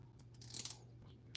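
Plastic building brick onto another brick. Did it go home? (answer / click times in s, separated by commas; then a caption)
yes / 1.3 s. Two genuine Lego plastic building bricks are pressed together over a low steady hum, with faint rustling and light taps around 0.4–0.7 s. A sharp, brief click sounds at 1.4 s as one brick seats onto the other.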